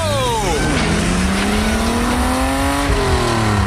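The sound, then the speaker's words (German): Race car number 12 accelerates out of the pit lane after a wheel change, its loud, buzzing engine note dipping briefly as it shifts, then climbing steadily higher for several seconds. “Achtung, Wagen Nummer 12 biegt in die Boxengasse ein. Das Auto läuft klasse.”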